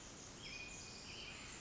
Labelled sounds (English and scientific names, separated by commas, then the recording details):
Pacific Wren (Troglodytes pacificus)
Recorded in Sonoma County, California